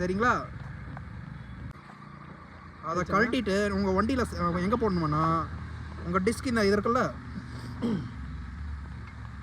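A metal disc lock is being handled and fitted onto a motorcycle's brake disc while someone talks, with faint background noise between the speech. Short sharp sounds occur at about 1.0 s and 9.2 s, but the lock has not yet seated or clicked home on the disc.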